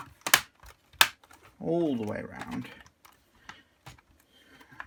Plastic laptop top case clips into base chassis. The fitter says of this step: Make sure it clicks